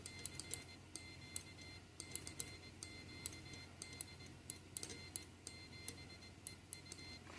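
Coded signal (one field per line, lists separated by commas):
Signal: Morse code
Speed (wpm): 20 wpm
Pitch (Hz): 2100 Hz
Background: music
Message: CQ CQ DE R7EU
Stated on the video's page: Sent with an assembled Ultra-PicoKeyer kit.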